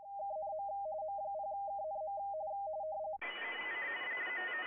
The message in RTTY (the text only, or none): KNM M0KNM